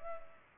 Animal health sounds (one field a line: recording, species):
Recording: mosquito wingbeat signal from an infrared sensor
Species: Culex pipiens